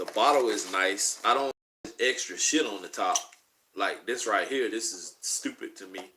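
Someone talks while handling a perfume bottle, putting the cap back on the fragrance bottle. Only speech with short pauses is heard, and the cap has not snapped into place yet.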